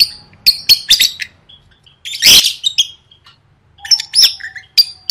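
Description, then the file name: Lovebird calls: sharp chirps and one loud raspy screech midway, with thin whistled notes and quieter gaps between. "tieng vet mau don"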